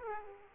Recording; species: mosquito wingbeat signal from an infrared sensor; Aedes aegypti